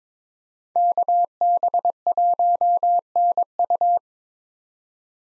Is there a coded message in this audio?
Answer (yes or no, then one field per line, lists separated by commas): yes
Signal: Morse code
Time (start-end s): 0.8-4.0 s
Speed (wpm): 22 wpm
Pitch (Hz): 700 Hz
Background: none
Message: KB1NU